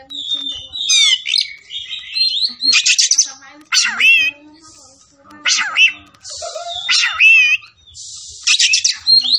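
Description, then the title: Oriental magpie-robin singing a loud, varied song of clear whistles and rising slurs broken by harsh buzzy bursts, phrases following each other quickly with short pauses. Kacer fighting, persistent song full of 'tembakan' bursts, meant to make a kacer ready to fight within minutes. "Kacer Langsung Tarung Konslet KACER NGOTOT FULL TEMBAKAN"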